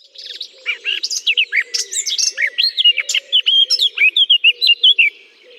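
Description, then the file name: Eurasian blackcap song, a quick chattering warble that ends in a run of clearer whistled notes; a soft low sound repeats faintly underneath. Singing in a holly bush. "chant de fauvette a tete noire dans houx"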